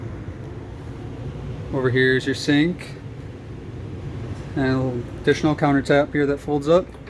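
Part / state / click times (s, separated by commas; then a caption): folding countertop leaf locking into its raised position on the RV kitchen counter / not seated / none. Someone talks over a steady low hum while handling the hinged folding countertop extension beside the sink in the kitchen of a 2017 Forest River FR3 28DS RV. The leaf is being folded up toward its raised position, where its support locks in place. The clip ends before that happens, so nothing has seated or clicked yet.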